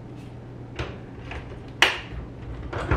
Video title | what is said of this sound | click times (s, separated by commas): Post Expo Clean With Me and Aspiron Cordless Vacuum Cleaner Unboxing | just pop it in like that just like many other stick vacuums | 1.8 s